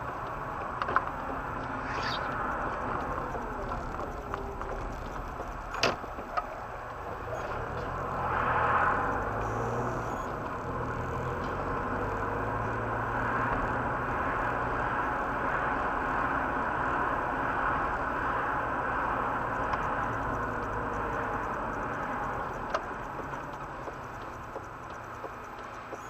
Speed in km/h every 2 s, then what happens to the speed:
13, 6, 9, 6, 15, 19, 26, 27, 27, 26, 23, 15, 5.
0-6 steady at about 6. 6-12 speeds up to 26. 12-17 steady at about 27. 17-26 slows to 5.